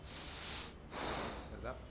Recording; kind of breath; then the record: one breath in and out by a microphone near the nose and mouth; deep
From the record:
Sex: male